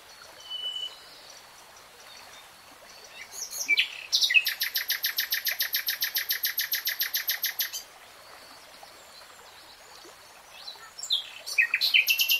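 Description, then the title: Nightingale song: a brief whistle, then a loud, rapid, even-paced rattle of repeated clicking notes lasting a few seconds, followed by quiet and another rattling phrase. Singing, in a 3-hour real-time recording. "[Tiếng chim hót] Nightingale Singing"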